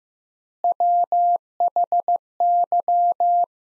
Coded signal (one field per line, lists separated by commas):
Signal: Morse code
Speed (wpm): 15 wpm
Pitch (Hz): 700 Hz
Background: none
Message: WHY